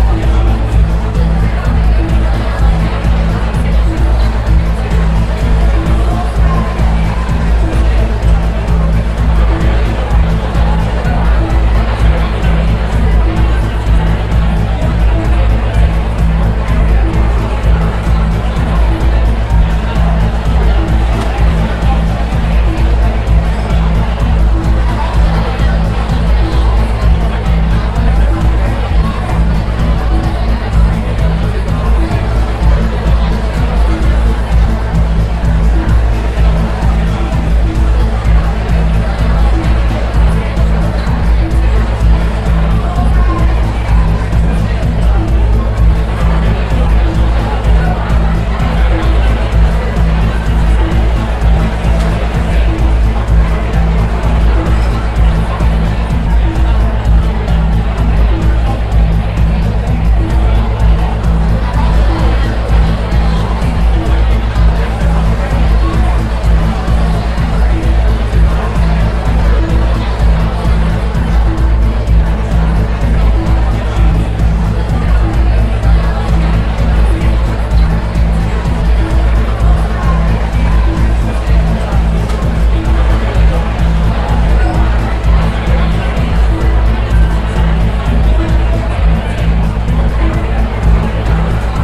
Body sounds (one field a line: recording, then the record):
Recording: background sound without coughing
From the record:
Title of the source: Party Noise 1 Hour Party Ambience